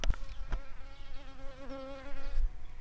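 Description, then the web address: Shrill carder bee buzzing: a steady, droning hum with a slight dip midway, over low rumbling noise and a few clicks. Workers. "Sylvarum workers"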